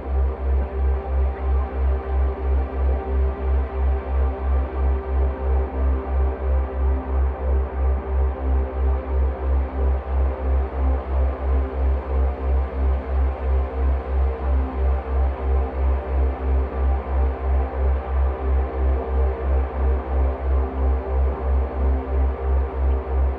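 A slowed, resonated dishwasher recording forms a dense, steady drone with a heavy low hum. A fast, regular pulsing throbs through it without pause, while softer tones shimmer and drift above. Nothing reaches into the bright upper range.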